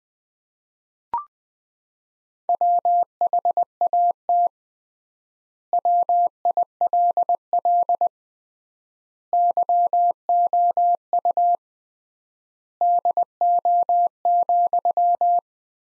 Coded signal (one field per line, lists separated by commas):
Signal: Morse code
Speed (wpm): 20 wpm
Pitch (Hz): 700 Hz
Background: none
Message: WHAT WILL YOU DO,